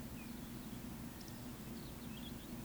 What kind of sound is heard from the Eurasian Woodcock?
whistle